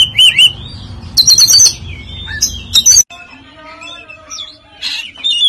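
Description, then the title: Oriental magpie-robin song: varied whistled and buzzy phrases with downward slurs, then quieter scratchy notes after a brief cut, over a low rumble. "Kacer"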